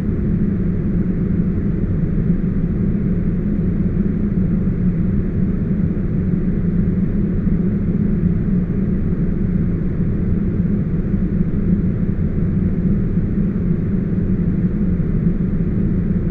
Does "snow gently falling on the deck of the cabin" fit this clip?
no